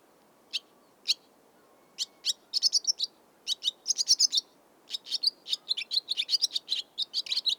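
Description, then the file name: Barn swallow twittering: sharp high chirps, sparse at first, then quickening into bursts of rapid twitters over a steady low background hiss. "Barn Swallow - Hirundo rustica"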